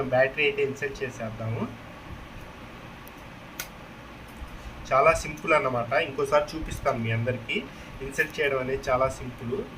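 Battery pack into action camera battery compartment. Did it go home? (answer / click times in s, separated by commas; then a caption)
yes / 3.6 s. A battery pack is pressed into the battery compartment of a GoPro Hero 10 action camera. Someone talks, then in a quiet gap a faint tick at 3.1 s is followed by a sharp click at 3.6 s as the battery seats. The talking then resumes.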